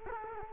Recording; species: mosquito wingbeat signal from an infrared sensor; Culex quinquefasciatus